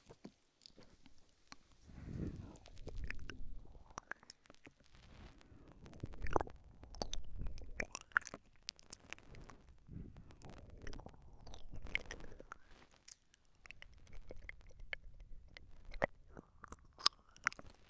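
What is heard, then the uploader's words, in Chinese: Gentle, slow-paced mouth sounds: soft wet clicks, smacks and squishy tongue noises scattered across the whole stretch. Breathy low blowing swells come in waves around the 2, 6, 10 and 12 second marks, with sharp bright clicks between them. 温柔慢节奏口腔音，吹吹，略略略（asmr助眠）。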